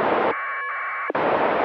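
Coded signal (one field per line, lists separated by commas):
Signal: packet radio (AX.25, as in APRS)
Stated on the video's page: Amateur packet radio transmitted and received via the ISS during one pass.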